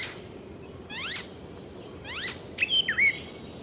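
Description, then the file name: Icterine warbler song, two groups of swept notes, then a sharp whistled twist at the end. "zelen peresm"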